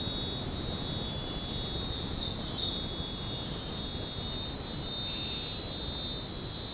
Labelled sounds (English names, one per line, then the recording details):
none
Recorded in dense forest near Puerto Asís, Putumayo, Colombia, on 18 February 2024 at 20:30
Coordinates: 0.503, -76.322
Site G6418